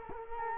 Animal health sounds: mosquito wingbeat signal from an infrared sensor; Culex quinquefasciatus

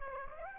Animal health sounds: mosquito wingbeat signal from an infrared sensor; Aedes aegypti

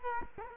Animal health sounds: mosquito wingbeat signal from an infrared sensor; Culex quinquefasciatus

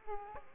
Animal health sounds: mosquito wingbeat signal from an infrared sensor; Aedes aegypti

